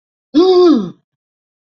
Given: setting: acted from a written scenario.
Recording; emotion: vocal sound without words; negative surprise